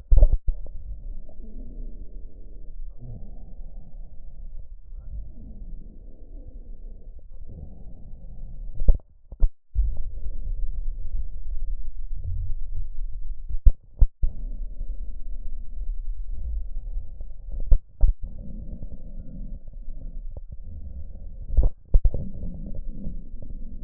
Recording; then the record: lung sounds by stethoscope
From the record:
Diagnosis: emphysema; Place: left posterior upper chest